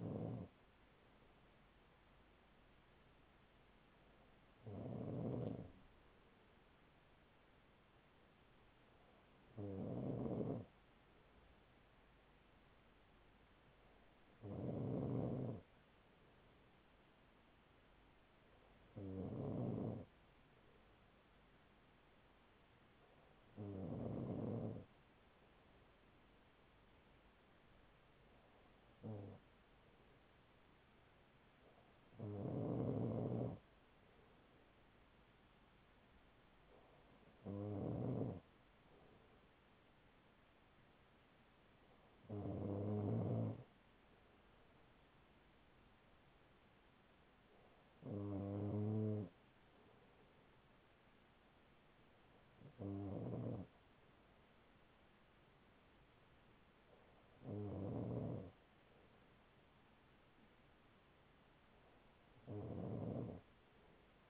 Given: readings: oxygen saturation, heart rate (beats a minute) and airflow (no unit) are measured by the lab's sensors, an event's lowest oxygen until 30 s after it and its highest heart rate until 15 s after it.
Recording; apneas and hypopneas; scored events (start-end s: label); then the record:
breathing in sleep by a voice recorder at the bedside; none
none scored
From the record:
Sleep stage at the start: N2 (light sleep); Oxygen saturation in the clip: 94 to 95%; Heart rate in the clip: 39 to 44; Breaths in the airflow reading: 13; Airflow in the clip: -5.2 to 4.5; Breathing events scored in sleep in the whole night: 207 in 7.6 hours asleep